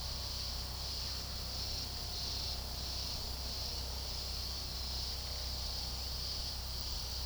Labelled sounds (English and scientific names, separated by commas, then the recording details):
none
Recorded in pastures near Puerto Asís, Putumayo, Colombia, on 21 February 2024 at 14:30
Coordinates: 0.486, -76.323
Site G6462